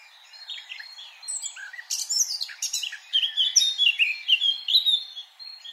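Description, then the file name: Eurasian blackcap song, a short chattering warble breaking into clearer fluty whistled notes toward the end, over faint background noise. "Sylvia atricapilla"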